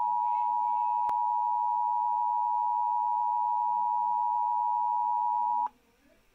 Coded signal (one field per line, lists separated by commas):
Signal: Emergency Alert System (SAME) tones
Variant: 853 and 960 Hz attention tone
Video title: EAS 1391 SVR NWS Columbia